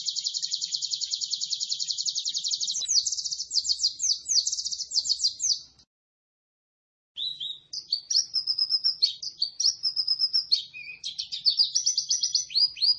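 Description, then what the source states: White-eye singing rapid, buzzy high trills for about six seconds, then a short pause, followed by varied twittering chirps with sliding and warbled notes. Lively, sustained singing described by the local term gacor.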